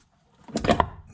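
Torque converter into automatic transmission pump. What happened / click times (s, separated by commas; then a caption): The heavy metal part dropped into its seat / 0.8 s. A metal CircleD 258mm high stall torque converter for a 2012 Hemi 1500 is turned by hand while being pushed onto the automatic transmission's input shaft and pump. After a quiet start, a series of soft knocks builds from about 0.5 s as it engages once and then twice. A sharp, loud click at 0.8 s marks the converter seating in the pump.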